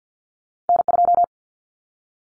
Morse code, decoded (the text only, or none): N2